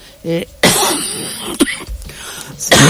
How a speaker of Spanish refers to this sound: La tos.